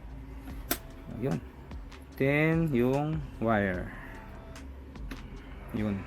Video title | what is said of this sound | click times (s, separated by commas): Sulit Ba Talaga ang Blaze GT1 Intercom 2025? Subukan Natin! | Then yung intercom, slide lang hanggang mag-click. | 0.7 s